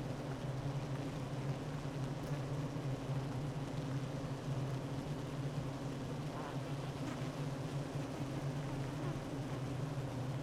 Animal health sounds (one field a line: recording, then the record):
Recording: honeybee colony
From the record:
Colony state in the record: active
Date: 12 June 2018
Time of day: 9:25